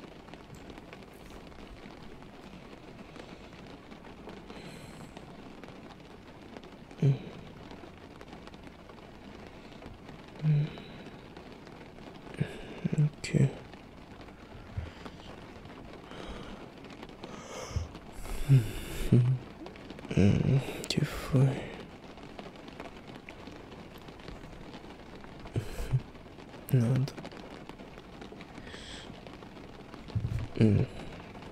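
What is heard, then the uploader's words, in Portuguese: Rain on a rainy night, a steady soft hiss running through the whole recording. Short, louder knocks and muffled low bursts break in now and then, sparse early and clustering around the middle and again near the end, possibly faint voices. Dormindo em uma noite chuvosa.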